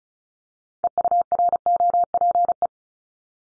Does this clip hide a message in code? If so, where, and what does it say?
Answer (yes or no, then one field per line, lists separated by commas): yes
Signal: Morse code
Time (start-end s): 0.8-2.7 s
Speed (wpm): 36 wpm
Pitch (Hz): 700 Hz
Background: none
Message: EUROPE